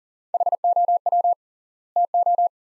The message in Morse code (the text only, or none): HOW TO